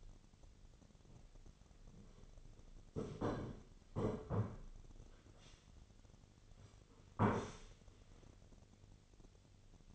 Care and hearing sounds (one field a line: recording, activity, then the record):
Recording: daily activity, microphone in the room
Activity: sit down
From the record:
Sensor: 4